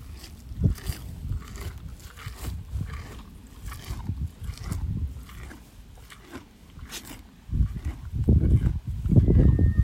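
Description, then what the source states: Donkey chewing, uneven low crunches and grinding, with a quieter stretch midway and louder bites near the end. Eating.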